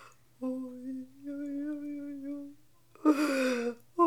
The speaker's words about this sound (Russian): Видит, сидит и плачет старая женщина у обломка в своей лачуге.